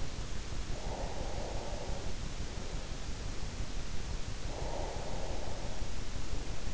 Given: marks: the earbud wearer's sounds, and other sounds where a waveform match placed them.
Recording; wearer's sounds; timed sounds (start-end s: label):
sounds in sleep by an in-ear microphone; breath
0.63-2.41 s: breath
4.38-6.58 s: breath